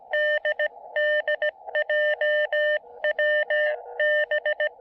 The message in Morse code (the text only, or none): DDJWB